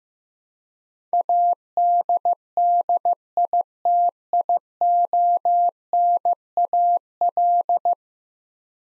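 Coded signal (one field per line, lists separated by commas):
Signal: Morse code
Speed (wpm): 15 wpm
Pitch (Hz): 700 Hz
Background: none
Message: ADDITIONAL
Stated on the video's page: Head-copy drill of ten-letter words sent at 15 wpm, each word sent, then spoken, then sent again.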